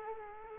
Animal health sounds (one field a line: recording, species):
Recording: mosquito wingbeat signal from an infrared sensor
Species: Culex quinquefasciatus